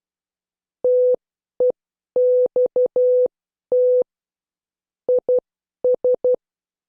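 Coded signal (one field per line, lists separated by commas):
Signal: Morse code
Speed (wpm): 12 wpm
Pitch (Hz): 500 Hz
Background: none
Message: TEXT IS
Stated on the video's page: Morse code class lesson, tenth session.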